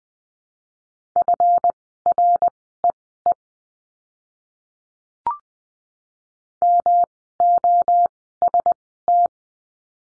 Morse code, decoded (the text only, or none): FREE MOST